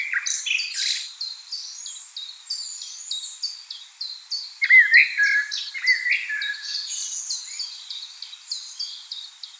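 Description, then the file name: Common blackbird: mellow warbling, a few low fluty phrases with high twittery notes, set among a steady run of short high chirps from another bird and a hissy background. "Turdus merula"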